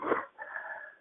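A brief rough breathy burst is followed by about half a second of a thin, steady whistling tone on the breath, heard over a telephone-quality line. This is a wheeze, a musical sound from narrowed airways, in a man past 70 with asthma.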